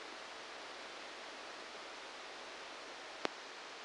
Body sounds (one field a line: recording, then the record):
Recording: brain microelectrode recording played as sound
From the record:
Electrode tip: outside the subthalamic nucleus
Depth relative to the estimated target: -6 mm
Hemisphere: right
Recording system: NeuroSet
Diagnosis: Parkinson's disease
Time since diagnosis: 8 years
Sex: male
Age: 58 years